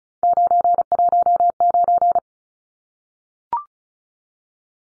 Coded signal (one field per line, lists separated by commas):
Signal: Morse code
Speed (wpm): 34 wpm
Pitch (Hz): 700 Hz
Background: none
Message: 919